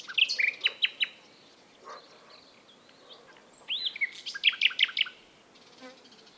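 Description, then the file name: Common nightingale song with two bursts of varied chirps, the second building into a rapid string of repeated loud notes, with quiet pauses between. "Luscinia megarhynchos"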